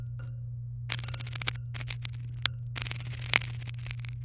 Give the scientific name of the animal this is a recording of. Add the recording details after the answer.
Serinus canaria. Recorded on 23 April 2018 at 17:56. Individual llb3